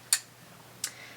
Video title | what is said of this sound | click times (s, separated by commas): A Little Hand Sewing and Testing Making Buttonholes with A 60-Year-Old Vintage Sewing Machine | So, the template goes in that position and you want to push it down until it clicks. | 0.1 s